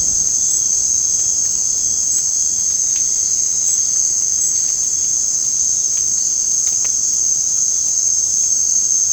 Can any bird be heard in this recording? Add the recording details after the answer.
no. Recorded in dense forest near Puerto Asís, Putumayo, Colombia, on 30 June 2025 at 18:30. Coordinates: 0.486, -76.317. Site G065